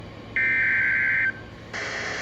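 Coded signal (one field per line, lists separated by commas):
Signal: Emergency Alert System (SAME) tones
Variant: header bursts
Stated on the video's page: Severe thunderstorm warning received on Acurite 8550 and Midland WR-300 weather radios; the WR-300 is failing.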